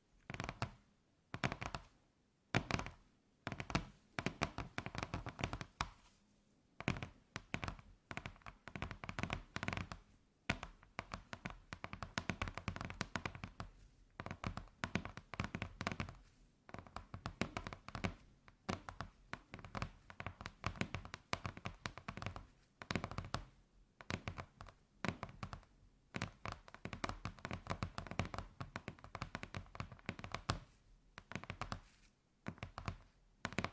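ASMR tapping: quick, dense bursts of fingertip taps and knocks run almost without pause across the whole clip, broken by a few short silent gaps near the start and around 10, 16 and 23 seconds. The taps sound crisp and bright, with a dull thunk beneath them.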